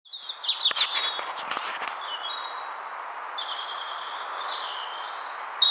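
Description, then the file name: European robin song: high, thin warbled notes at the start, then quieter drawn-out high phrases, with a brief high flourish at the end. "Erithacus rubecula"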